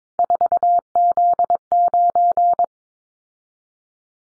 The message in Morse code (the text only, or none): 4Z9